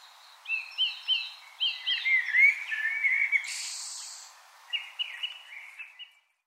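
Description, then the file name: Common blackbird song: a run of rich whistled phrases, a high buzzy note, then softer warbled notes after a pause. "Turdus merula"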